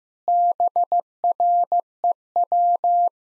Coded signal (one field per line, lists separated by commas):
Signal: Morse code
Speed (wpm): 15 wpm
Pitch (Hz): 700 Hz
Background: none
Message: BREW